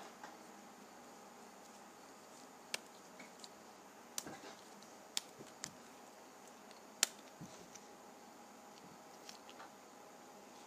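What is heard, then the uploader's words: Pages of a paper pad are flipped, each turn a quick crisp snap or flick, some followed by a brief papery rustle. They come irregularly, roughly every second or so, the sharpest near the seventh second. A faint steady hiss fills the gaps. Flipping Through a Pad of Paper.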